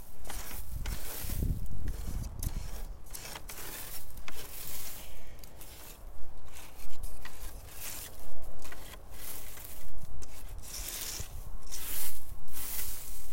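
Dried daikon strips are gathered from a drying rack into a bag, making crisp, crinkly rustles in short bursts about once a second, uneven in strength. A low thump-like rumble sounds near the two-second mark, and quiet handling noise fills the gaps.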